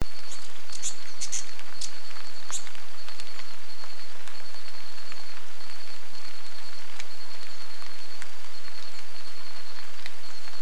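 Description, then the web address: Hyacinth visorbearer giving high, sharp chipping notes clustered in the first few seconds, over a steady insect drone and patter like rain. "sound Hyacinth-visorbearer. صدای-پرنده-آفتابگیر-سنبلی"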